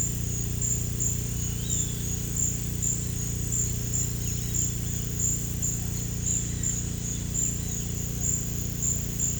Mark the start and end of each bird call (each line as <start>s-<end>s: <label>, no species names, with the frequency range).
1.34s-2.05s: bird call (2.2-4.2 kHz)
4.15s-5.11s: bird call (2.3-4.2 kHz)
6.16s-7.89s: bird call (1.7-4.5 kHz)